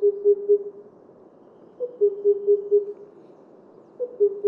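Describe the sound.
Himalayan cuckoo call, deep hollow hoots in groups of three to four, the later groups opened by a brief higher note, recurring about every two seconds.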